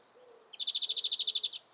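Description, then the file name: European greenfinch producing a single clean trill of roughly a dozen rapid high pulses lasting about one second, with faint low notes in the background. "Chloris chloris"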